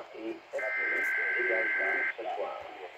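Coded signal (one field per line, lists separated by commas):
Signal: Emergency Alert System (SAME) tones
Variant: header bursts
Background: speech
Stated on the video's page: Received on Midland WR120BCN and WR100 V5 weather radios, Sangean CL-100 and Radioshack Pro 30 scanner; monthly test and weekly test.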